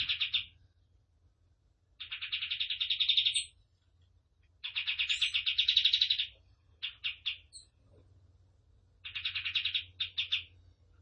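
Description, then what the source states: Tembakan bird song: bursts of rapid trilling a second or two long, separated by short silences, with a few quick single chirps between. Captive cage bird singing in the lively, chatty 'gacor' style; master song for training cage birds.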